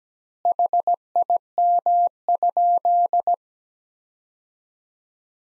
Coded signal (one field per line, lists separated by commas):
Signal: Morse code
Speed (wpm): 17 wpm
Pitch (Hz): 700 Hz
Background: none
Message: HIM?